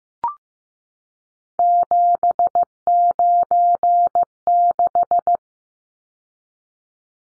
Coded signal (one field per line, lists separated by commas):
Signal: Morse code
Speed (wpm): 15 wpm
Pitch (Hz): 700 Hz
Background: none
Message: 796